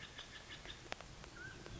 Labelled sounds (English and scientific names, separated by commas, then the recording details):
Mountain Quail (Oreortyx pictus)
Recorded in Sonoma County, California